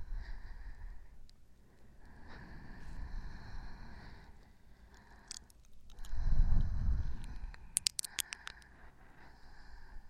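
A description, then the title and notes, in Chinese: Slow breathing rises and falls in low, rushing swells, the strongest around six to seven seconds, with steady faint tones and scattered clicks behind. 呼吸声。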